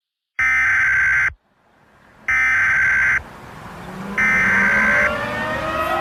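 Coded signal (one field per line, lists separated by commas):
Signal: Emergency Alert System (SAME) tones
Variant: header bursts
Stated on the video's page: Fictional EAS scenario, not a real alert.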